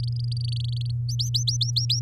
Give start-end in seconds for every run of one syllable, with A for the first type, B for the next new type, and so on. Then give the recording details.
0.00-0.91 A, 1.09-2.00 B. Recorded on 10 May 2018 at 17:30. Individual llb16